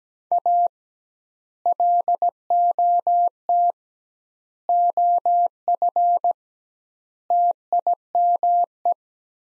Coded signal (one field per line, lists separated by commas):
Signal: Morse code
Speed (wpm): 17 wpm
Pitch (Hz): 700 Hz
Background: none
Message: A LOT OF TIME